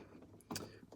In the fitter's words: sure it goes through and just you can hear it snap